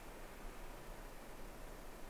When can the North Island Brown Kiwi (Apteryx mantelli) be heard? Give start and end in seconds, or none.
none